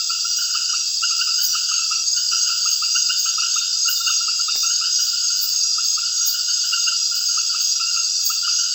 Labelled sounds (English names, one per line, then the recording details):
none
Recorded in secondary vegetation near Puerto Asís, Putumayo, Colombia, on 30 June 2025 at 19:00
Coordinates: 0.498, -76.327
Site GP09